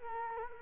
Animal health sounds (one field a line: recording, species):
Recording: mosquito wingbeat signal from an infrared sensor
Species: Culex quinquefasciatus